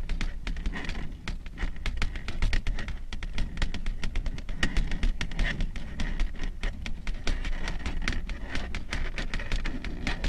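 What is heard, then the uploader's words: Long nails tap and scratch in a dense, steady patter of quick clicks, with a soft low rustle running underneath throughout. Soothing and relaxing slow, rhythmic long nail tapping and scratching ASMR sounds.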